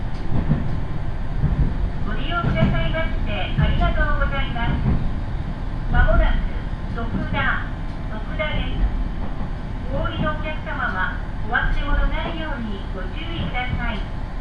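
Aboard a one-car railbus, passengers chat in bursts over a steady low rumble of the moving train, with voices coming and going throughout.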